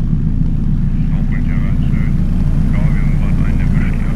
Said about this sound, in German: Eine Böe hat den Helikopter gepackt, doch er setzt sicher auf dem Helideck auf.